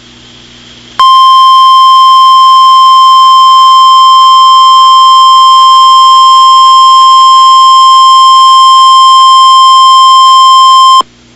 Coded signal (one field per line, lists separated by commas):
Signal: Emergency Alert System (SAME) tones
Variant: 1050 Hz attention tone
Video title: EAS Mock Blizzard Scenario